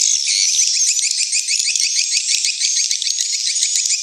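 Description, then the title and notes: Swiftlets in a dense, busy chorus of rapid, sharp high chirps and twitters, running continuously without a break. Swiftlet house lure sound of the AKAU brand, Tien Giang, Vietnam. "Am thanh nha yen Akau Vietnam - Tien giang. Những âm thanh chim yến thuộc thương hiệu AKAU"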